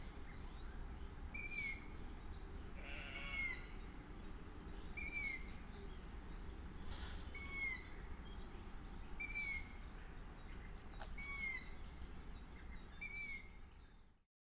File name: Long eared Owl Food delivery with various calls of male female juveniles